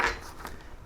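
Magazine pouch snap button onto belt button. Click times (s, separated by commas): 0.0 s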